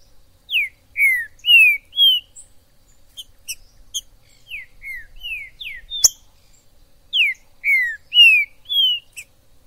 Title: ESQUENTAR Seu TRINCA Piando, Cantando E Macheando Na DISPUTA. TRINCA FERRO no MATO Trinca ferro MAJOR no MATO